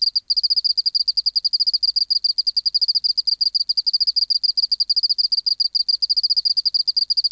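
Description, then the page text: Oceanic field cricket song, dense high pulsed chirping repeated rapidly throughout, with only one brief gap near the start. Recorded in an acoustic laboratory, 19 March 1984, 11:15, 24 °C, 30% humidity, still air, dim light. "Teleogryllus oceanicus. BioAcoustica"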